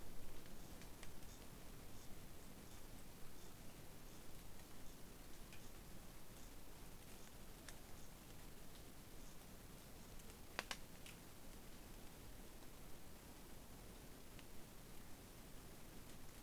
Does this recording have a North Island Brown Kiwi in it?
no